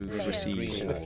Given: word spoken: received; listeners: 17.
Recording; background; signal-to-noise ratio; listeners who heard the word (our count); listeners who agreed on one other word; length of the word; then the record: one English word in noise, from a listening test; four-talker babble; -1.2 dB; 2 of 17; 11 of 17; 0.66 s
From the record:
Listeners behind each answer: 11, 2, 2, 1, 1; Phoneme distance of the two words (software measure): 7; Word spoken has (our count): 2 syllables, 6 phonemes, stress on syllable 2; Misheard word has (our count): 2 syllables, 5 phonemes, stress on syllable 2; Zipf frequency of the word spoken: 4.65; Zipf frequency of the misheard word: 4.42